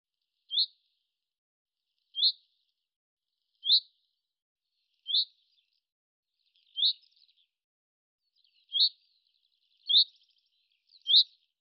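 Common chaffinch calling with brief high chip-like notes, eight in a row, roughly every one and a half seconds, nothing else audible.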